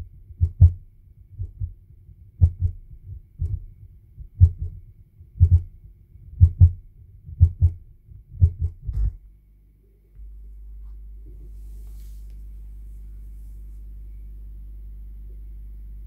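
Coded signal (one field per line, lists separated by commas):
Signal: radio time signal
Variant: DCF77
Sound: dull low thumps roughly once a second, about ten, then a steady low hum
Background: low electrical hum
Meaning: Pulses each second, long ones and short ones, encode binary ones and zeros giving the time and date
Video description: impulzy pro rádiově řízené hodiny jsou pomalé - mají nízkou frekvenci. Interval je s atomovou přesností 1 sekunda (tj. vzdálenost náběžných hran impulzů). K tomu některý impulz přijde delší (200ms), jiný kratší (100ms). Tím se od sebe liší digitální jedničky a nuly se zakódovanou informací o hodinách včetně datumu.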